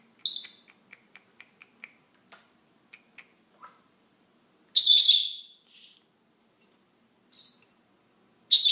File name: Canto do papagaio do senegal